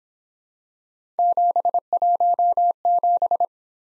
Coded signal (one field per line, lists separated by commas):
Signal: Morse code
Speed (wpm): 27 wpm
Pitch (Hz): 700 Hz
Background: none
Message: 717